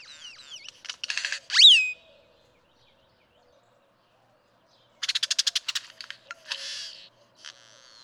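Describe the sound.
Great-tailed grackle giving chattering notes and a sharp rising whistle, then a pause before a fast, buzzy rattle and harsh noisy notes.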